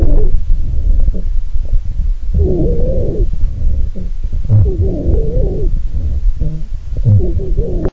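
Musical, wavering whistles recur with each breath over low chest noise in an adult: wheeze, a sign of narrowed airways.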